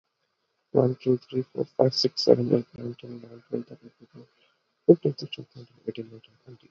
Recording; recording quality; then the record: counting at a normal pace; excellent, no background noise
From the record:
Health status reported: COVID-19 positive, mild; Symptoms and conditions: none ticked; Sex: male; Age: 30 years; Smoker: not ticked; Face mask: not worn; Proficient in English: yes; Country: India